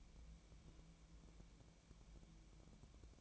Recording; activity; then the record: daily activity, microphone in the room; take from stove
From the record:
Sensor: 1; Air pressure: 1000.0 hPa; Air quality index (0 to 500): 133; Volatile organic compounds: 2 ppm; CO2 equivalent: 1256 ppm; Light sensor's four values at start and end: 39/98/41/51 and 39/98/41/51